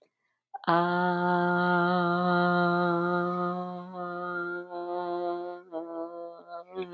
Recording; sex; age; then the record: vowel held as long as possible; female; 30 to 39 years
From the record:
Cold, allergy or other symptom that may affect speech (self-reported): no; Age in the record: 39 years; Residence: Minnesota, United States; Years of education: 18